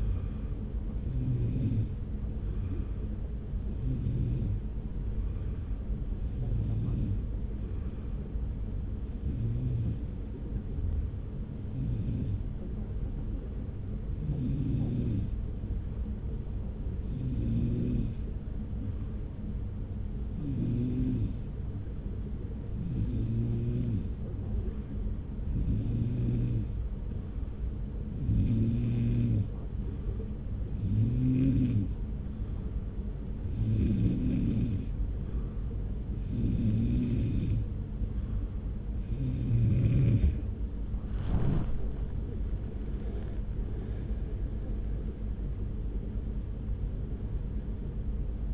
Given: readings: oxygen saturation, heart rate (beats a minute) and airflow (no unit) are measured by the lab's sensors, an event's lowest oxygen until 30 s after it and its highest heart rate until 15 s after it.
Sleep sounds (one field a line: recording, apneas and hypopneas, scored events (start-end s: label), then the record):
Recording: breathing in sleep by a smartphone at the bedside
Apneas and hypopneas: 1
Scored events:
11.00-37.60 s: hypopnea (N2, oxygen 94% highest, then 90% lowest)
From the record:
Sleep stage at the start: N2 (light sleep)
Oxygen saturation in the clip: 90 to 94%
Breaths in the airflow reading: 18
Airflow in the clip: -2.0 to 3.6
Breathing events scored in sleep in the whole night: 335 in 6.7 hours asleep